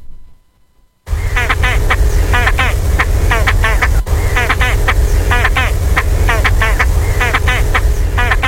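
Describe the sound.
Great Crested Grebe calling: harsh, rapid rattling notes in short bursts, repeated steadily over a loud low rumble, starting after about a second of near silence.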